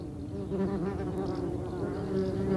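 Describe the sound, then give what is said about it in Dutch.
A dense, steady buzzing of many wasps and bumblebees, a low droning hum with layered harmonics that holds constant throughout, fairly loud and with no voices. “Hij zegt wespen, hommels, ze gingen in een gat in de wei, wellicht een mollengang.”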